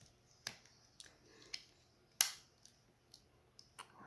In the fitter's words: it's even clicking into place nicely